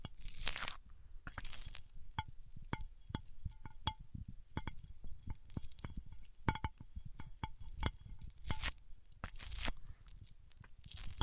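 Microphones rubbed on surfaces give dense crunchy scraping with sharp clicks and ringing taps, plus a few bright brushing swipes throughout.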